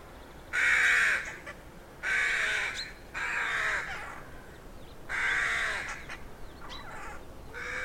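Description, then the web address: Rooks cawing in harsh, hoarse bursts, about four loud caws spaced irregularly, with fainter caws from other birds in between. Rookery in a derelict abbey; traffic-free background. "Hollywood Edge Historical Series. Rookery In Derelict Abbey"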